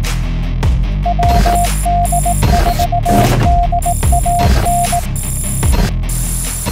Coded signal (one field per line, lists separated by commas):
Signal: Morse code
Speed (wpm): 18 wpm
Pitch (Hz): 700 Hz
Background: none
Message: WD4DAN